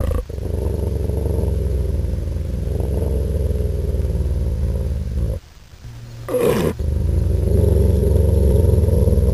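Wolf growling: a deep, steady, throbbing rumble that continues for several seconds, with a short break and a brief scraping noise before it resumes.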